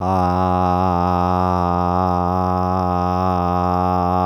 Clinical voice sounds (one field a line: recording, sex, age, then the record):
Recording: sustained vowel /a/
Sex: male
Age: 50 to 59 years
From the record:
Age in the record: 52 years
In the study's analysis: included